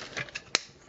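A plastic tab on a Transformers MP-22 Masterpiece Ultra Magnus transforming robot toy is pushed again into its slot. After some faint plastic rustling and light taps, it seats with a sharp click at 0.5 s. The other side still needs to be plugged in.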